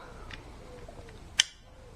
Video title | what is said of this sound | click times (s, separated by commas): How to Change Front Brake Pads on a Voge 300 Rally - Step-by-Step Replacement Guide | You've heard that click through. | 1.4 s